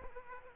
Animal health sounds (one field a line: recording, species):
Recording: mosquito wingbeat signal from an infrared sensor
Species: Aedes aegypti